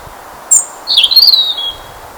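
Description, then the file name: European robin: a sharp thin high note, then a longer sweet warbling phrase that drops and trails off gently; light background hiss. "Erithacus rubecula"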